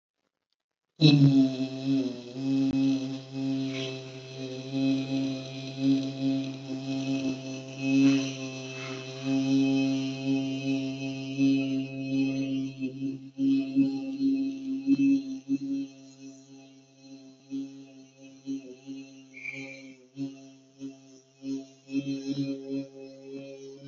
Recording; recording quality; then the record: sustained vowel as in beet; excellent, no background noise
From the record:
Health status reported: healthy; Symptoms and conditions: none ticked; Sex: female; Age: 63 years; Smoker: not ticked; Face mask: not worn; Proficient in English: yes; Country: India